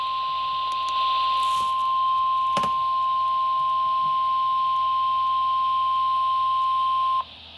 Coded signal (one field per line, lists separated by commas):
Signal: Emergency Alert System (SAME) tones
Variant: 1050 Hz attention tone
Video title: Exceptionally Rare EAS Message for a Deadly Severe T-Storm on KSC43